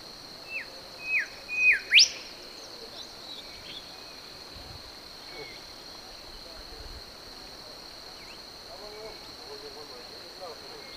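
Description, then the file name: Brown-backed whistler song of four whistled notes, rising in strength, the last sweeping steeply upward, then quiet, over a steady high drone. Papua New Guinea. "Pach Mode"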